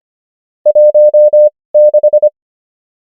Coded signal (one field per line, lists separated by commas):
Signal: Morse code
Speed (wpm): 25 wpm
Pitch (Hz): 600 Hz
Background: none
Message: 16